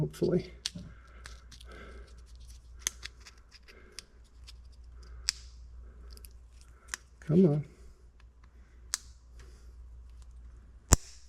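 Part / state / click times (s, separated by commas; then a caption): LED circuit board into refrigerator light housing / seated / 10.9 s. Someone talks while pressing a replacement LED circuit board into the plastic light housing of a GE Monogram refrigerator, struggling with it through a series of sharp plastic ticks over a low steady hum. After the struggle, the board snaps into place with a loud, sharp click at 10.9 s, and it is confirmed seated.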